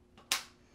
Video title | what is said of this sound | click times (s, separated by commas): How to Rack | you want to hear that snap so you have a good tight seal | 0.3 s